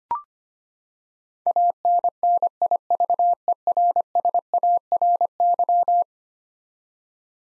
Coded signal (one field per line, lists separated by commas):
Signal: Morse code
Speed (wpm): 25 wpm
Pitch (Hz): 700 Hz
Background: none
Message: ANNIVERSARY